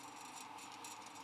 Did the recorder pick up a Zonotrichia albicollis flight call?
no